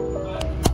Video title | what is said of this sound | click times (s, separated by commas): 【菱利A180】燈泡壞掉怎麼換？全車燈DIY更換教學｜教你拆大燈、日行燈、霧燈、閱讀燈、倒車燈、煞車燈｜A190 A210也可參考 | 好，卡回去，确认开关没问题。 | 0.4 s, 0.7 s